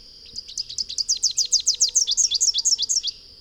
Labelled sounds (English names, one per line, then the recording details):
Rufous-capped Warbler song
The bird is a male
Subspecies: rufifrons
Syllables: 24
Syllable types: 5
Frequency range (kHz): 2.6-8.5 kHz
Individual FV-R19-M